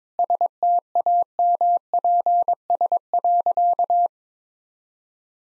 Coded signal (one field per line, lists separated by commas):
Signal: Morse code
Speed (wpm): 22 wpm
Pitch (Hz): 700 Hz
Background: none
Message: STAMPS.